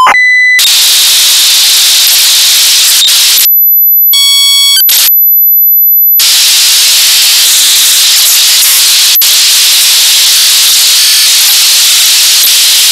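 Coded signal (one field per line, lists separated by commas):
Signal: ZX Spectrum tape loading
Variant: turbo loader, 11 kbps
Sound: short beeps, a brief steady tone, then long harsh hiss broken by a buzzy tone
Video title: Sinclair ZX Spectrum - Batman (1986) (Ocean Software) 48K Turbo Loader 11 kbps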